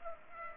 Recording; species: mosquito wingbeat signal from an infrared sensor; Culex pipiens